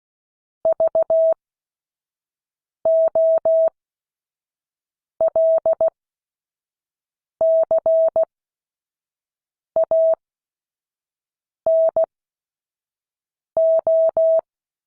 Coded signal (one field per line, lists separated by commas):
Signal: Morse code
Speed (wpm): 16 wpm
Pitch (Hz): 650 Hz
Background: none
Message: VOLCANO